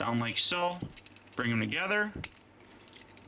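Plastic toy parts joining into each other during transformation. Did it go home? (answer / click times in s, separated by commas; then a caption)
yes / 2.9 s, 3.2 s. Someone talks while two plastic parts of a transforming robot toy are lined up, brought together and pressed. Two short, sharp clicks follow at 2.9 s and 3.2 s as the parts lock together and seat.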